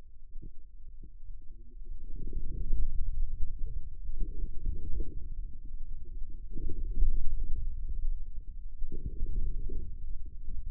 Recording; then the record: forearm muscle sounds (acoustic myography)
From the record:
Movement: inward rotation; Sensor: system 2, bracelet of six BSWA MPA416 microphones around the upper forearm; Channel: 6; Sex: male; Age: 22 years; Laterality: right